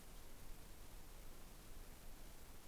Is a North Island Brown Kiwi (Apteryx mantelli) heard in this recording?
no